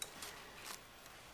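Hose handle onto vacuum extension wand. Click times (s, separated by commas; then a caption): 0.0 s. The handle with the stretch hose is put over the top of a vacuum's extension wand and pushed down until it clicks into place. A sharp click is heard at 0.0 s, followed by softer rubbing and shuffling sounds. The handle is seated on the wand.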